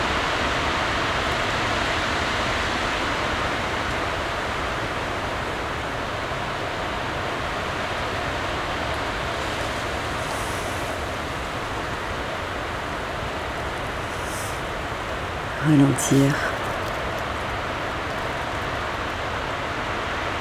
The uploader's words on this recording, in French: Au creux de la nuit, le vent, lui, a continué à jouer sa partition entre les sapins, épicéas, hêtres et ormes, en soufflant dans les branches et en riant à la barbe des bois comme des micros. Sur un tapis de mousses, entre Malaterre et Bois-Barbu.